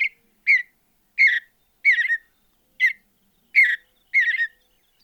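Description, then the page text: Mountain bluebird song of short warbling whistles, seven notes spaced about every half to nearly one second, some slightly burry and doubled. "Andrew Spencer - Голубая сиалия (Sialia currucoides)"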